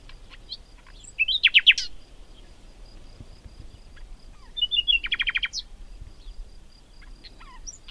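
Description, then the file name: Common nightingale song with two loud bursts of rapid stacked chirps separated by quiet gaps, plus scattered soft high notes. "Luscinia megarhynchos"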